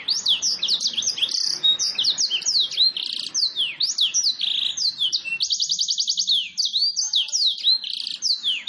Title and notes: Pikat Kenari GACOR PANJANG INI Cocok Untuk Masteran KENARI LIAR. Masteran burung kenari gacor parah